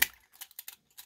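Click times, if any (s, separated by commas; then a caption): none. A plastic reed stuffer is handled and pressed toward the reed cage of a motorized bike's small two-stroke engine intake. A sharp tick opens the clip, followed by a run of fainter clicks and taps near 0.4, 0.5, 0.6, 0.7 and 1.0 seconds. The part has not seated or snapped in yet.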